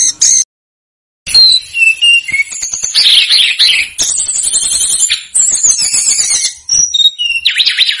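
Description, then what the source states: Snowy-browed flycatcher pouring out a continuous, very high jumble of trills, buzzy rattles and thin whistles after a brief silent gap. Masteran song for training cage birds.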